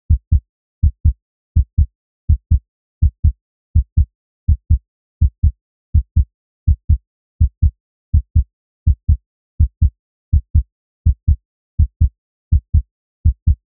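An adult heartbeat: steady paired low thumps, a first and second heart sound in each beat, repeat evenly at about 82 beats a minute with a regular rhythm. A clean heartbeat with no background noise.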